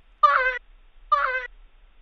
The sound of a baby crying. It had acoustically some simple portions and some more complex portions acoustically.